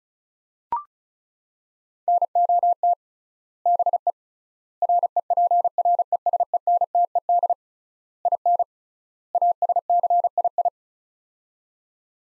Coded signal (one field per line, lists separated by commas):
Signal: Morse code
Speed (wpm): 36 wpm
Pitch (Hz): 700 Hz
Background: none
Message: NOT BE REPRESENTED IN ASCII